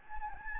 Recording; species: mosquito wingbeat signal from an infrared sensor; Anopheles gambiae